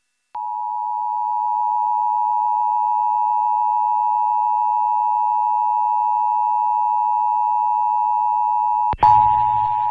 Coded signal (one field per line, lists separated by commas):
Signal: Emergency Alert System (SAME) tones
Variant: 853 and 960 Hz attention tone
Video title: EAS 319 - Georgia RMT on WSTR